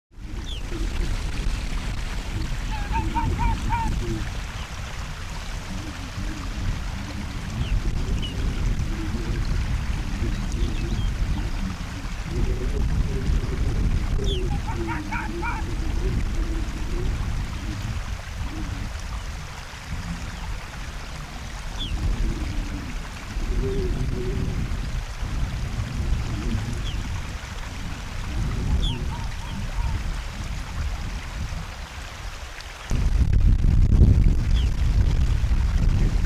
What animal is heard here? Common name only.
Arctic Fox